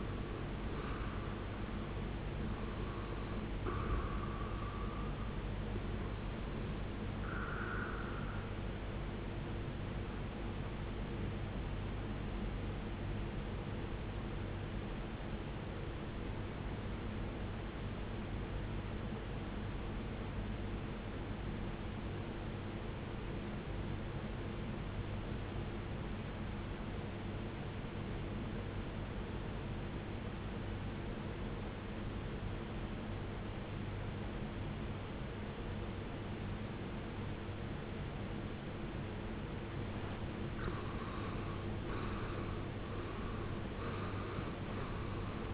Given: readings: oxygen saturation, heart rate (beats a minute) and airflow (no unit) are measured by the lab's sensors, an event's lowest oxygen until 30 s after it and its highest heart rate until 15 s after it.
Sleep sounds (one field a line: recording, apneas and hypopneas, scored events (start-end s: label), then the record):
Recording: breathing in sleep by a voice recorder at the bedside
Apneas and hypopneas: 1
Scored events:
13.00-39.80 s: obstructive apnea (REM, oxygen 94% highest, then 78% lowest, heart rate 53 at the start, 78 highest)
From the record:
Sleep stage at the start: REM sleep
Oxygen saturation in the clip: 79 to 94%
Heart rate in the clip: 52 to 75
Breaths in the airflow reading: 5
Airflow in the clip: -14.5 to 15.7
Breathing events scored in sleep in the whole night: 389 in 6.3 hours asleep